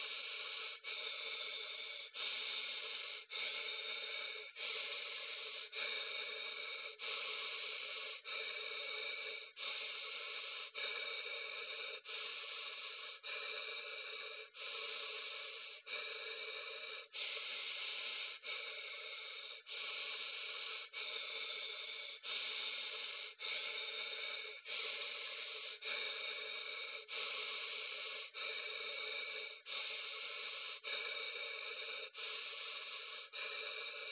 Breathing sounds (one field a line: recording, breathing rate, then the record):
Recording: paced breathing near a phone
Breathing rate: 24 breaths a minute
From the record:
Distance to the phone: 20 cm